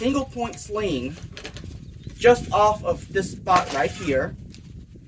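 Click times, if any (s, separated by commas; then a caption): 4.5 s. A sling attachment is pushed into the single-point mount on a rifle stock while someone talks. One short, sharp click is heard at 4.5 seconds as the attachment locks onto the stock, seated in place.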